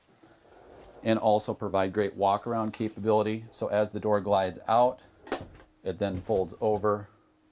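Someone talks while a Winnebago RV's bifold bathroom door is glided out and folded over toward its open position, with faint handling sounds under the speech. The clip ends before the door locks into place; nothing has seated or clicked yet.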